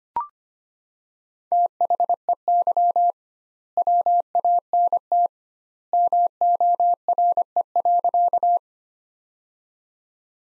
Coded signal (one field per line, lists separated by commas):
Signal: Morse code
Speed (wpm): 25 wpm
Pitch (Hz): 700 Hz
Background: none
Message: THEY WANT MORE.